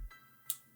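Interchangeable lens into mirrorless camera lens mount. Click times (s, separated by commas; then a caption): 0.5 s. An interchangeable lens, its red dot lined up with the red dot on the mount, is twisted into the lens mount of a LUMIX G7 mirrorless camera. After quiet handling, a single sharp, bright click sounds at 0.5 s as the mount latch locks. The lens is seated and confirmed locked.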